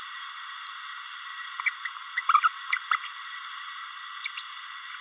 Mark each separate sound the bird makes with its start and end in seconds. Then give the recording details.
0.64-0.69, 1.66-1.71, 2.17-2.21, 2.28-2.33, 2.90-2.96, 4.24-4.28, 4.37-4.42, 4.74-4.79, 4.90-4.99. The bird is a male. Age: 31 days. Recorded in a nest box in Venezuela. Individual 17B32A6